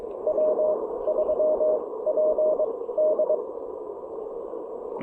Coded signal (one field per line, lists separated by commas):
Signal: Morse code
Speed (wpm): 21 wpm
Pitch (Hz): 590 Hz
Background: radio noise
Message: W3PD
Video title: Pairing the Elecraft KX1 and PackTenna 20M EFHW at South Mountains State Park!